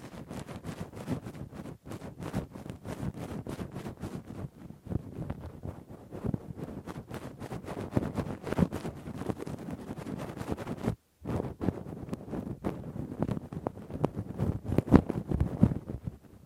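Deep, rough ear cleaning with a Q-tip and ear pick: constant dense scratching and rubbing crackles, with a brief silent break near eleven seconds.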